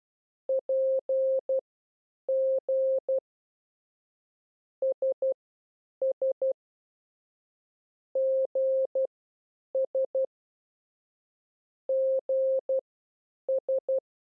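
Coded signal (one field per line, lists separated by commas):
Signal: Morse code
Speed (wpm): 12 wpm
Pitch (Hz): 530 Hz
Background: none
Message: PG SS GS GS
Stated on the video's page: Morse code lesson teaching the letters P, S and G.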